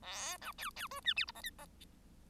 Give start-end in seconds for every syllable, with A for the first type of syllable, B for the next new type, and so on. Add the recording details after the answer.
0.02-0.37 A, 0.41-0.52 B, 0.58-0.70 C, 0.76-0.87 C, 0.91-1.00 D, 1.04-1.14 E, 1.16-1.25 F, 1.27-1.31 G, 1.34-1.41 H, 1.43-1.50 I, 1.58-1.65 H. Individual Bird1